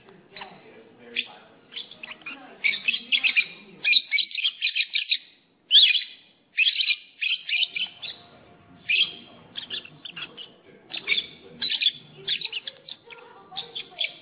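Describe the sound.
Lovebird calls, a busy run of shrill, squeaky chirps and rasping notes in rapid bursts, broken by a short silence near the middle.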